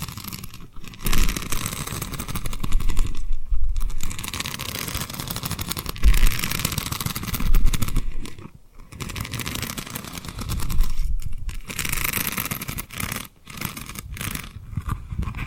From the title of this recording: Tapping & Rubbing Rhinestone Lip Triggers